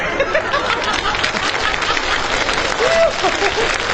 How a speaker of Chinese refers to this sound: 您还给他鼓掌？